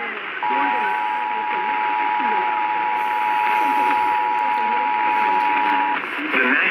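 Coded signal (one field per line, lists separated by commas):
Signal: Emergency Alert System (SAME) tones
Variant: 853 and 960 Hz attention tone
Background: speech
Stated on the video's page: Compilation of real EAS alerts, mostly tornado warnings.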